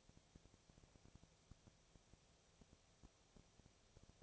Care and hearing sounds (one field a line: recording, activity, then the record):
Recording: daily activity, microphone in the room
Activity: no activity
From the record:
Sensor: 1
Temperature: 19.8 degrees Celsius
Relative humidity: 37.9%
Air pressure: 998.8 hPa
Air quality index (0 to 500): 233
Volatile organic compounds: 133 ppm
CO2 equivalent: 3942 ppm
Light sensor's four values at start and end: 1/2/1/1 and 1/2/1/1